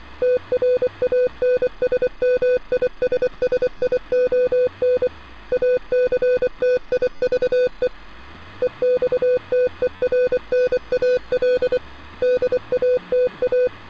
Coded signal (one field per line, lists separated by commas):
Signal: Morse code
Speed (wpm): 24 wpm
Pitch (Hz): 500 Hz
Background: none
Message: TRANSMISSION ACTIVE EXTERNAL DATA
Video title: Portal Strange Radio Transmission Sounds